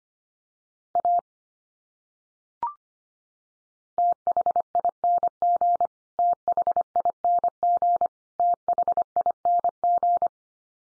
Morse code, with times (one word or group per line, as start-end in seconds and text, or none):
1.0-1.2 A
4.0-5.9 THING
6.2-8.1 THING
8.4-10.3 THING